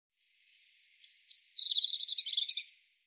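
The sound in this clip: European robin song: thin, very high whistled notes opening a phrase that breaks into a fast, rattling trill lower down, lasting about two and a half seconds, no other sounds.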